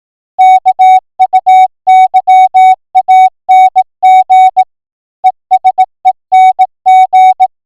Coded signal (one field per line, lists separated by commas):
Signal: Morse code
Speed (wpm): 18 wpm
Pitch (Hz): 750 Hz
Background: music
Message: KUYANG ESENG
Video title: Morse Code Net Call - Philippine Amateur Radio Association 145.000 Mhz